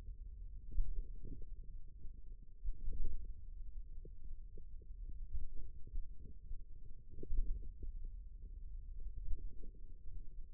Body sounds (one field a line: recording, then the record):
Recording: forearm muscle sounds (acoustic myography)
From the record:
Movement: pen grasping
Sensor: system 2, bracelet of six BSWA MPA416 microphones around the upper forearm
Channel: 3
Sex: male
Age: 22 years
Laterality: right